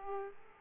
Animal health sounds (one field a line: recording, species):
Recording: mosquito wingbeat signal from an infrared sensor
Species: Aedes aegypti